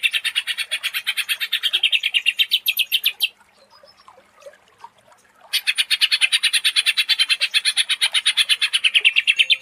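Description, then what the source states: Greater green leafbird song, a rapid, regular buzzy rattle that stops for about two seconds and then resumes at the same fast pace. Vigorous song in a tutoring and lure recording for cage birds.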